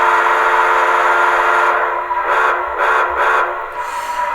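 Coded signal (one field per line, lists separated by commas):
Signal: train horn signal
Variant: steam whistle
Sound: a long steam whistle blast, then a few short blasts running together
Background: steam hiss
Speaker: calling the flagman to protect the rear of the train is a combination of a single blast of the whistle saying that we're approaching a station or a stop and then the three short blasts says that we are going to stop so in that case the flagman hears this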